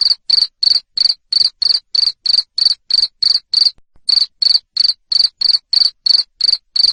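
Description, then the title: Cricket calling with rapid, evenly spaced rasping chirps, around three per second, interrupted once by a brief silence. Loud cricket chirping played to stimulate lovebirds to sing continuously. "Suara JANGKRIK NGERIK Keras Bikin LOVEBIRD Jadi NGEKEK Terus"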